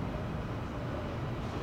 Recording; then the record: background sound without coughing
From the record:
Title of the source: 30 MINUTES Construction Site Ambience (CC BY 4.0)